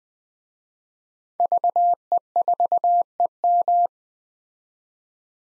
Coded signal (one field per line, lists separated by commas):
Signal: Morse code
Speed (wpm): 20 wpm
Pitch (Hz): 700 Hz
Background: none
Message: VE4EM